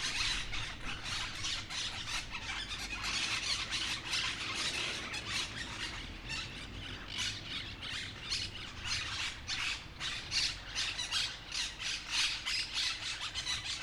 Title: Calle Lavadero, 3, 28970 Humanes de Madrid, Madrid, España - Grupo de Cotorras Argentinas [Myiopsitta monachus]